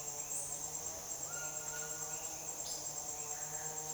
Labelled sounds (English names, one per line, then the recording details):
none
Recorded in dense forest near Puerto Asís, Putumayo, Colombia, on 22 June 2025 at 08:00
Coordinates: 0.484, -76.325
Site H65